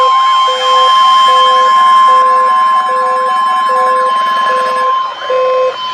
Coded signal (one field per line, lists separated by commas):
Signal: Emergency Alert System (SAME) tones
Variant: 1050 Hz attention tone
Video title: Severe Weather EAS Alerts from July 9th-10th, 2024 (EAS #1,145-1,162)